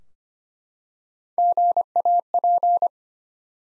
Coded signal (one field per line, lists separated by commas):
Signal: Morse code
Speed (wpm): 25 wpm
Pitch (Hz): 700 Hz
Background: none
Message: GAP